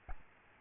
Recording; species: mosquito wingbeat signal from an infrared sensor; Aedes albopictus